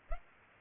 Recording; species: mosquito wingbeat signal from an infrared sensor; Culex pipiens